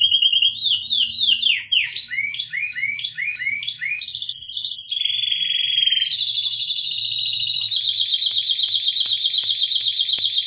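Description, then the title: Canary song with looping slurred notes, a buzzy drawn-out roll, then a long fast high trill; faint clicks are heard near the end. "kenarijos"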